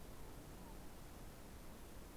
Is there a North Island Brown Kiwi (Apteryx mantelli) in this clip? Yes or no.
no